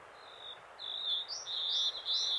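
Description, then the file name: Common nightingale song, a long steady high whistle followed by rising, warbled notes over faint background hiss. "Luscinia megarhynchos"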